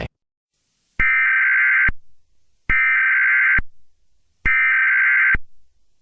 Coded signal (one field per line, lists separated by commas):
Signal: Emergency Alert System (SAME) tones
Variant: header bursts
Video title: EAS Scenario: XJ9 Invasion